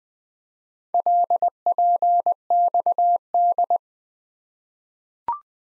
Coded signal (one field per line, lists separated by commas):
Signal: Morse code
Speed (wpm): 20 wpm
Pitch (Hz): 700 Hz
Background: none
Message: LPXD